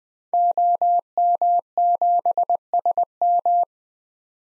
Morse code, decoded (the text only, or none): OM7SM